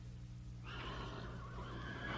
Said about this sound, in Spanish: Escuchó el salvaje y enloquecido relinchar de un caballo.